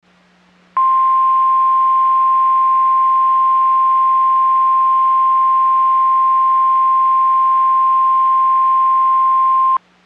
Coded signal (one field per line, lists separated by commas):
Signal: Emergency Alert System (SAME) tones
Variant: 1050 Hz attention tone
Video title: NOAA Weather Radio - EAS Doubleheader SVR & Special Marine Warning [EAS #258-#259] (7/25/22)